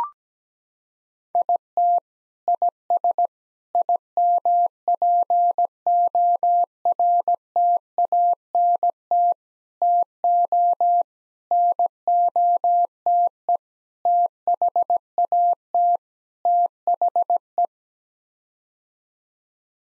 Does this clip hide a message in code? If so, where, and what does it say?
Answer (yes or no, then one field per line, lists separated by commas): yes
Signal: Morse code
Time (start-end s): 1.4-17.7 s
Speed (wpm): 17 wpm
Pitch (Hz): 700 Hz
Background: none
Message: IT IS IMPORTANT TO NOTE THAT THE